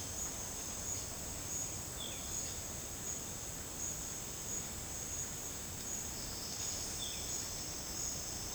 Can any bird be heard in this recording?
no